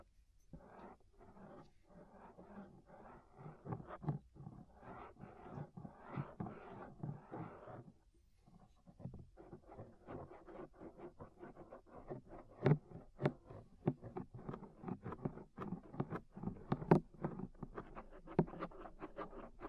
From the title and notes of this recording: Inner and Outer Ear Scraping (No Talking).